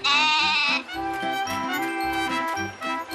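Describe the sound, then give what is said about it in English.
A goat bleats loudly in a long, nasal, wavering cry, followed by further quivering bleats over a light tinkling jingle, with no talking. “See you tomorrow, goat.”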